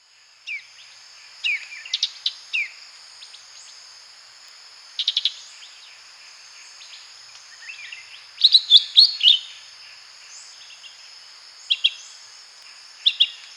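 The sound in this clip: Lesser green leafbird singing scattered sweet chirps and quick whistled runs, with a louder burst after the middle, against a continuous shrill insect background.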